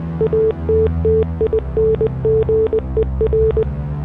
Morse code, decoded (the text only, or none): ATTINGER